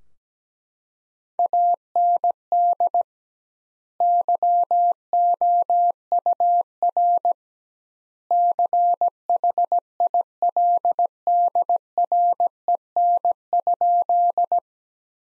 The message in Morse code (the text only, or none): AND YOUR CHILDREN?